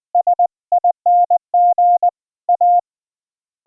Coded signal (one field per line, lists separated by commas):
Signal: Morse code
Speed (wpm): 20 wpm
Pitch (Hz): 710 Hz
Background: none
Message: SING A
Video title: iambic paddles hooked up to a Teensy LC board for keying CW with ehoCW on a Windows 10 desktop